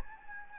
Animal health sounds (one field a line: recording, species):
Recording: mosquito wingbeat signal from an infrared sensor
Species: Anopheles gambiae